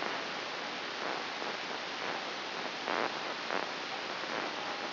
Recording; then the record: brain microelectrode recording played as sound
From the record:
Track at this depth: inside the subthalamic nucleus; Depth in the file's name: 7.131 mm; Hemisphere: right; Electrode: 2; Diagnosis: Parkinson's disease